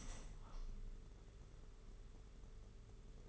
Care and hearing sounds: daily activity, microphone in the room; open window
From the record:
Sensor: 4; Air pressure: 992.1 hPa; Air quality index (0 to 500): 98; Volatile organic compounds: 11 ppm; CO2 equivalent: 2292 ppm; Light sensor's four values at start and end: 22/77/28/30 and 22/77/28/30

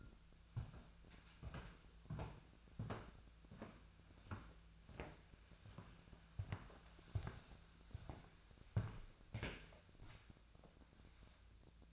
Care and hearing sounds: daily activity, microphone in the room; walk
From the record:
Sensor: 2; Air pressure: 1008.1 hPa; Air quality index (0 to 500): 181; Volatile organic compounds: 10 ppm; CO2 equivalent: 2232 ppm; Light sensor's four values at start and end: 11/28/12/12 and 11/27/11/12

